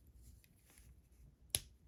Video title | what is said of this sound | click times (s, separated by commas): Magic Square MS-B46 Light of Victory 2.0 Version (G1 Legends Optimus Prime) Review | there we go so there that finally did snap into place | 1.5 s